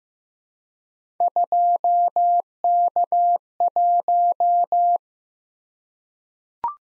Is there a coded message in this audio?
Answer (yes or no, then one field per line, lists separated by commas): yes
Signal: Morse code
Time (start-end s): 1.2-5.0 s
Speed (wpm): 15 wpm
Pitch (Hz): 700 Hz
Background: none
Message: 2K1